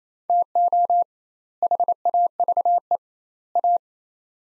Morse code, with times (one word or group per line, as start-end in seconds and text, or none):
0.3-1.0 TO
1.6-3.0 HAVE
3.6-3.8 A